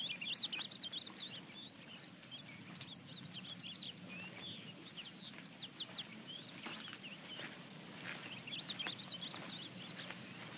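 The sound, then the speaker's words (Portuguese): A finch sings in short, high, twittering bursts that recur several times, bright trills rising over a steady low rumble and hiss of outdoor background noise. “Lá está ele, veja. É um tentilhão.”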